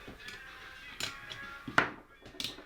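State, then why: Seated. A furniture part is inserted, pressed and pushed forward on an airsoft AK, and it clips into place with a strong click at 1.8 s. Lighter taps and handling noises come before it, and a couple of quick clicks follow around 2.4 s. No one talks during the clip.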